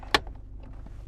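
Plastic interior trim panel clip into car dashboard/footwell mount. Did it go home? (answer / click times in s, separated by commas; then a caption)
yes / 0.1 s. A removed plastic interior trim panel around the head unit and footwell is pushed back into its dashboard mount in a Golf R, with its plastic clips pressed home. One sharp, loud plastic click at 0.2 s stands out above a low background, followed by a few faint ticks. The trim panel clips seat into place.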